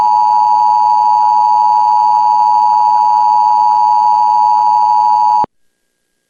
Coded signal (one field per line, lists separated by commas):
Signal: Emergency Alert System (SAME) tones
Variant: 853 and 960 Hz attention tone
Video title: [livetoons backup] CN "Candy Kingdom" Singalong X-mas but gets interrupted by EAS